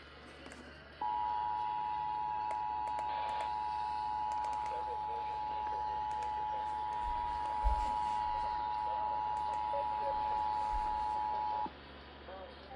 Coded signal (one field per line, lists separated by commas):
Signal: Emergency Alert System (SAME) tones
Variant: 853 and 960 Hz attention tone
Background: speech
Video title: Eas Hgx svr on KTRH 740am and KHJK 103.7fm Eas#1528-1529